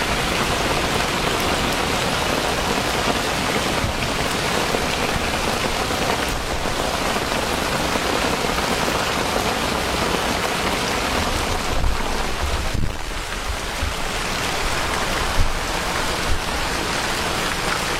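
Heavy rain pours down in a dense, steady hiss that fills everything from low rumble to bright spatter. The downpour holds constant throughout, with only brief dips in intensity and a couple of sharper splashes near twelve and fifteen seconds.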